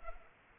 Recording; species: mosquito wingbeat signal from an infrared sensor; Culex pipiens